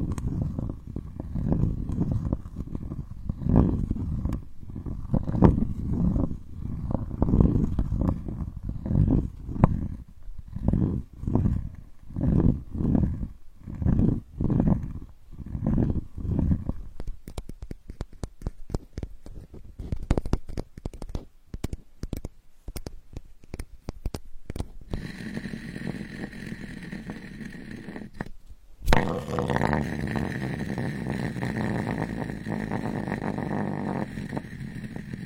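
Sandalwood is tapped in steady, low, hollow knocks for about seventeen seconds, then quick light clicks, ending in a continuous brighter scraping rustle.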